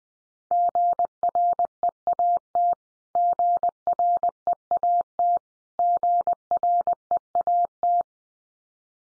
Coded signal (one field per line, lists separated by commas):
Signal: Morse code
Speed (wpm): 20 wpm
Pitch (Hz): 700 Hz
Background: none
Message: GREAT GREAT GREAT